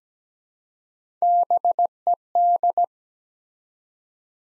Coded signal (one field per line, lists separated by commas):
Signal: Morse code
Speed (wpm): 17 wpm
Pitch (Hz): 700 Hz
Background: none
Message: BED